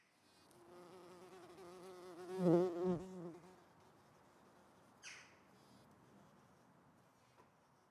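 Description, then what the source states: Insect wing buzz: a low droning hum swells, wavers up and down in pitch as it passes, then fades away; a brief soft knock follows a couple of seconds later. Flying by.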